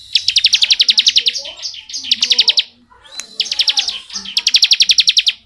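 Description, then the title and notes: Bar-winged prinia singing fast trilled bursts of buzzy, evenly pulsed notes, several phrases in quick succession with only brief gaps. Bar-winged prinia song in the rapid 'ngebren' style, used as training audio for oriental magpie-robins. "Ciblek Ngebren Untuk Masteran Murai Batu. Suara burung ciblek - Suara Nada"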